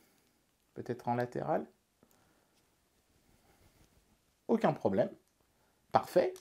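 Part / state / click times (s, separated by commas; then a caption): 3D-printed plastic part clipping into its mating printed part / not seated / none. A 3D-printed plastic test part is handled by hand before being clipped into its mating printed part, from an Alfawise U20 One printer. Someone talks, with faint handling sounds and a small tap around 2.1 s between phrases. Nothing has seated or clicked yet, though the part is later taken to clip on both sides, top and bottom, as a sign of good print precision.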